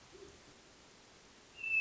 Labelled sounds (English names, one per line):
Hermit Thrush